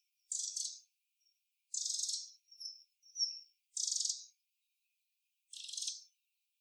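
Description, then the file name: Eurasian wren rattle calls, four dry buzzy high bursts about half a second each, with a few thin whistled notes between them. "Troglodytes troglodytes"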